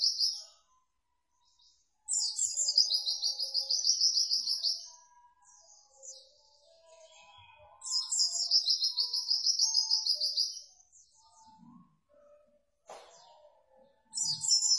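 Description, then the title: White-eye song: two long, dense, high trilling phrases of about three seconds each, with further phrases cut off at the start and end, separated by quieter gaps with faint lower sounds. Lively-singing white-eye, used as a training master for cage birds. "Pleci Gacor. Masteran Burung PLECI"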